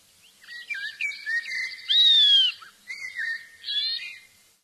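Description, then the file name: Common blackbird song phrase, a run of warbled fluty notes and a clear rising-falling whistle, ending in a brief squeaky twitter. "Merlo"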